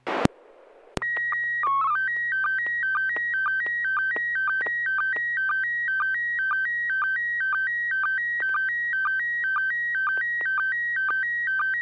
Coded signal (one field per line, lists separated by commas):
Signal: SSTV (slow-scan television)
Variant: PD 120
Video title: N6NA SSTV Net - 11/06/2024